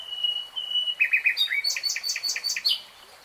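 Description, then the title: Nightingale song: a long thin whistle, then quick clipped notes and a rhythmic run of paired chirps repeated about five times. Nightingale singing in real time. "[Tiếng chim hót] Nightingale Singing"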